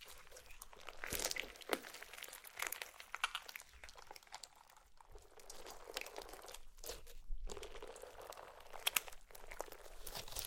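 Slime being squished and stretched gives a continuous run of wet crackles and crunchy pops, with brief pauses near five and seven seconds.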